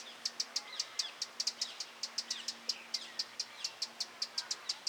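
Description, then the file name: Eurasian wren calling with crisp, evenly spaced tick notes, about four to five a second, over soft sweeping calls of other birds and a low steady hum. "Troglodytes troglodytes"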